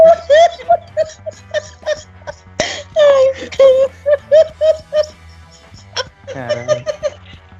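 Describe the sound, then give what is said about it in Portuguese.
A woman sobbing in a rapid series of short, high-pitched gasping bursts with hiccup-like catches, rising and falling unevenly and loud, with no talking over it. “Você não, como é que eu vou apresentar ela se ela tá chorando?”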